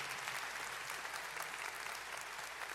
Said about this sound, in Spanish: Sí, otro aplauso